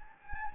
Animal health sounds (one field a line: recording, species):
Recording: mosquito wingbeat signal from an infrared sensor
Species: Anopheles gambiae